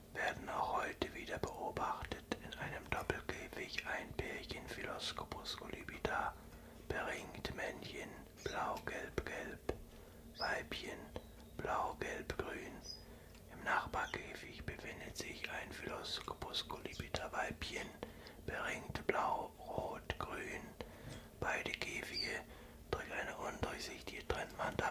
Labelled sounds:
Common Chiffchaff

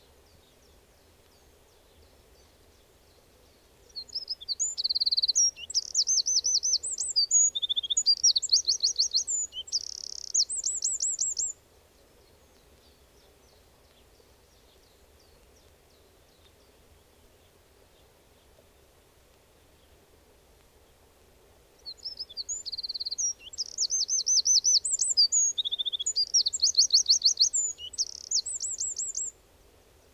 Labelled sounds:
Eurasian Wren song

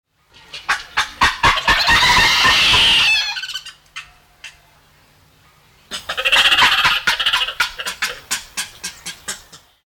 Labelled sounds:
Mandrill

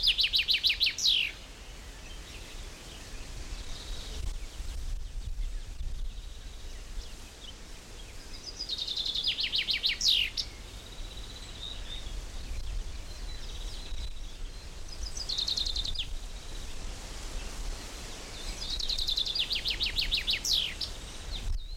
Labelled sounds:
Common Chaffinch

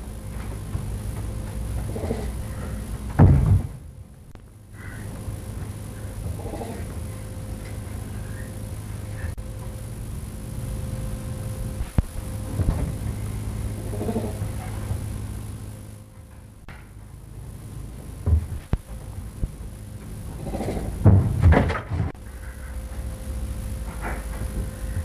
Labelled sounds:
Clouded Leopard

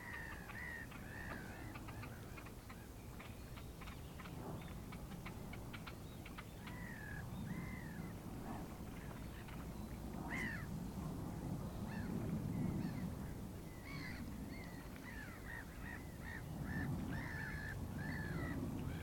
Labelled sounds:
Great Reed Warbler

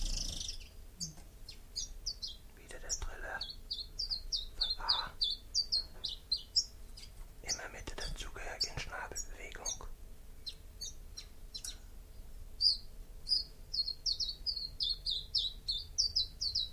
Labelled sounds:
Common Chiffchaff song

